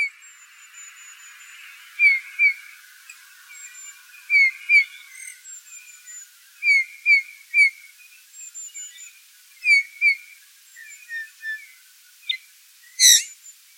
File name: Pyrrhula pyrrhula